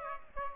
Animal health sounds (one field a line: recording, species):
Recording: mosquito wingbeat signal from an infrared sensor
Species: Aedes aegypti